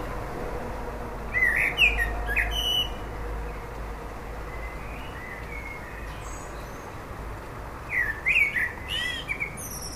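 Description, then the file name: Common blackbird singing two warbled phrases with squeaky high endings, separated by a long pause, over a steady low background rumble. "Turdus merula"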